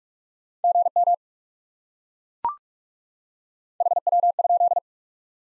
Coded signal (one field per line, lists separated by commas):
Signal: Morse code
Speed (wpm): 43 wpm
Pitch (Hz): 700 Hz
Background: none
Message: GM HW?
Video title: Top 20 QSO Elements 45wpm